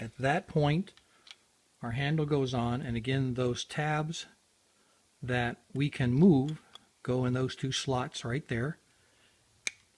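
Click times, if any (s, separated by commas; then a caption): 9.7 s. Someone talks while the plastic crank handle of a Suncast hose reel, its movable tabs lined up with two slots on the reel hub, is pushed back onto the hub. A single sharp click at 9.7 s marks the handle seating in place, and its tab moves.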